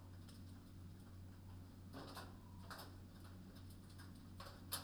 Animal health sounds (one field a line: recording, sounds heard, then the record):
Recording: poultry house recording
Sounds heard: healthy chickens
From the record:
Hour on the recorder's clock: 21